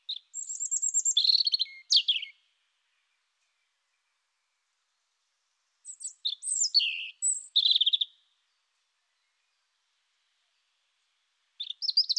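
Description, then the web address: European robin song: two phrases of thin high warbling notes mixed with trills and sliding whistles, separated by several seconds of silence, a third phrase starting at the end. "annee nature rougegorge"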